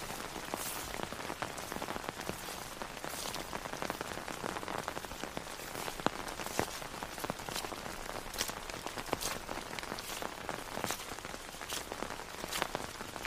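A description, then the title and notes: Steady, dense rain patters overhead on an umbrella, with frequent sharp drop taps scattered throughout and a soft wash of wider rainfall behind. Rainy Walk in the Woods. Rain patters on your umbrella and trickles through the forest, as you walk down a quiet woodland path.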